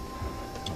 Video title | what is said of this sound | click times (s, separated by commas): DynoValve Installation on 2011 Kia Sorento! | got arrows that help you identify which way to plug it in and lock it into | 0.7 s